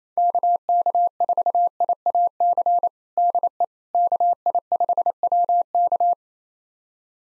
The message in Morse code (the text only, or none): KK4IAC DE KI5WK